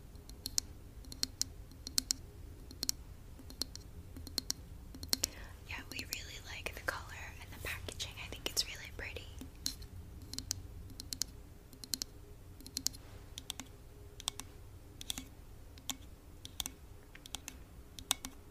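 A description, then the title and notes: Crisp tapping clicks land in an uneven, fairly quick rhythm that continues through the whole clip. Between about five and ten seconds, a soft swishing, rustling texture rises underneath the taps. A low steady hum stays in the background throughout. 2 hours of asmr triggers [asmr tapping, asmr for sleep]. Blue yeti microphone.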